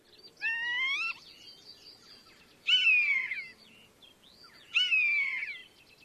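Bird calls: three harsh, nasal notes, each lasting under a second, about two seconds apart, over a quiet background.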